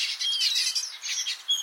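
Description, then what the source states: Red-billed Quelea flock calls, a dense chatter of overlapping high chirps and twitters. Africa south of the Sahara; roams in flocks of 2 million or more; sparrow-sized weaver with stout seed-cracking bill; breeding males have red and black heads; nests in enormous colonies.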